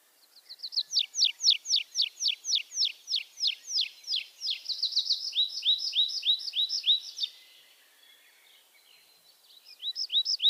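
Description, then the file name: Tree pipit singing a long run of high down-slurred notes that changes into a quicker trill, falls silent briefly, then starts a new phrase. "erdeipityer"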